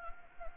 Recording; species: mosquito wingbeat signal from an infrared sensor; Anopheles gambiae